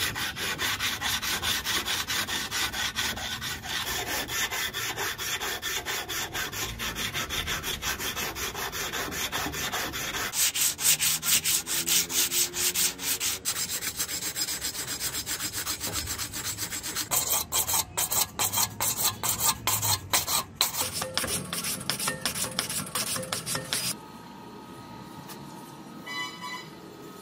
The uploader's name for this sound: Forging POSEIDON'S TRIDENT Out of Rusty Hook